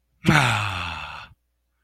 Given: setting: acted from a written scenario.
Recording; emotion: vocal sound without words; pride